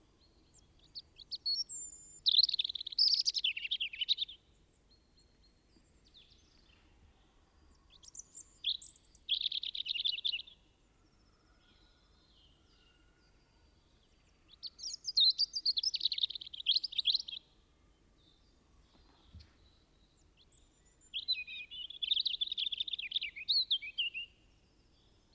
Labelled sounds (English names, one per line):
European Robin song